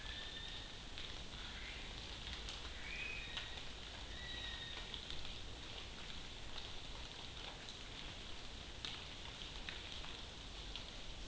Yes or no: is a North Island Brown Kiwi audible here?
yes